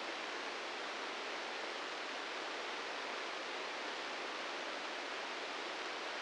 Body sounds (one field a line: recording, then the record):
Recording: brain microelectrode recording played as sound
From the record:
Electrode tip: inside the subthalamic nucleus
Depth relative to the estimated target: -5 mm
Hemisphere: left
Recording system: NeuroSet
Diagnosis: Parkinson's disease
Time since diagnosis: 13 years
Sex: male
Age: 66 years